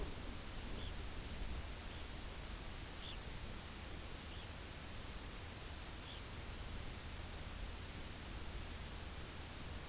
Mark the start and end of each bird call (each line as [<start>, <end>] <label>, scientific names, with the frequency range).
[0.53, 1.03] Phalaropus fulicarius (2.1-4.7 kHz)
[1.69, 2.15] Phalaropus fulicarius (2.3-4.5 kHz)
[2.77, 3.27] Phalaropus fulicarius (2.1-4.8 kHz)
[4.02, 4.57] Phalaropus fulicarius (2.2-4.7 kHz)
[5.79, 6.30] Phalaropus fulicarius (2.3-4.8 kHz)